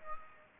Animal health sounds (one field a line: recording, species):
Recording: mosquito wingbeat signal from an infrared sensor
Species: Aedes aegypti